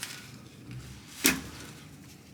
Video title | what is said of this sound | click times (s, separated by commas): VSE Dual Fuel Filter System Saver 3.0 Duramax Diesel Upgrade | hear that positive click | 1.3 s